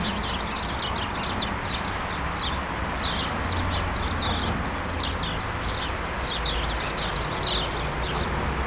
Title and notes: urbanstraße: spatzen in einer hecke - the city, the country & me: sparrows in a hedge. unzählige spatzen, angelockt von meisenknödeln, die von anwohnern in einer hecke angebracht wurden countless sparrows attracted by birdseed balls in a hedge the city, the country & me: january 17, 2009